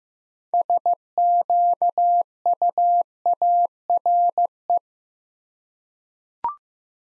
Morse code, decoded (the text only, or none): SQUARE